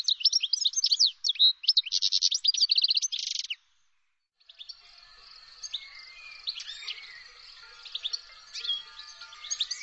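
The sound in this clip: Bird chirping in rapid high twittering bursts with buzzy trills for three and a half seconds, a brief pause, then softer scattered chirps and twitters continue.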